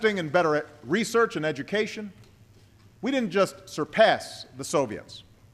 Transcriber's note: none